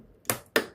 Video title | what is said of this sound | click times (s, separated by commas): Building My First Gaming PC | when you hear the double click, that means your RAM is seated properly. | 0.3 s, 0.6 s